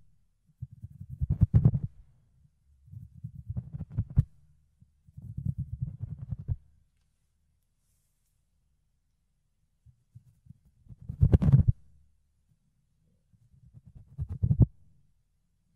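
Fluffy ear cleaning and ear picking: muffled, low rubbing bursts, each about a second or two long, with sharper crackly scratches peaking inside them. Three bursts come in quick succession, then a silent pause of about three seconds before two more.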